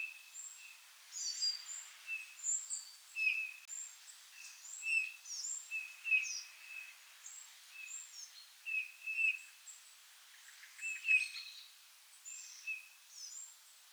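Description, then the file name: Eurasian bullfinch calls: short, soft piped whistles repeated irregularly every second or two, over a busy chorus of high chirps and twitters from other small birds. "Pyrrhula pyrrhula"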